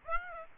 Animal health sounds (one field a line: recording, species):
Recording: mosquito wingbeat signal from an infrared sensor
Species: Aedes aegypti